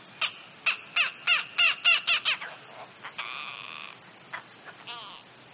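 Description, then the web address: Grey go-away-bird calling: a rapid run of about eight harsh, nasal, downslurred notes, then longer drawn-out nasal cries and a few scattered shorter notes. Africa. "gray lowrie|african"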